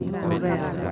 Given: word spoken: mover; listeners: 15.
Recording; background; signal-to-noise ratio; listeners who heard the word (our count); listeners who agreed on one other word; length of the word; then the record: one Spanish word in noise, from a listening test; eight-talker babble; 0.7 dB; 3 of 15; 7 of 15; 0.52 s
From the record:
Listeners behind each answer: 7, 3, 1, 1, 1, 1, 1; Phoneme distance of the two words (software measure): 17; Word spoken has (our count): 2 syllables, 5 phonemes, stress on syllable 2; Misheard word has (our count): 2 syllables, 6 phonemes, stress on syllable 2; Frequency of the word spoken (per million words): 16.05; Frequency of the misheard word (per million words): 110.76